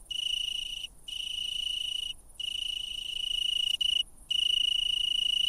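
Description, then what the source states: Italian tree cricket stridulation: several clear, high, steady trills separated by brief silent gaps, with no other sounds. Stridulation; males sing so that females can locate them and mate.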